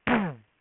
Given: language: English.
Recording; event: throat vibration sensor signal played as sound; throat clearing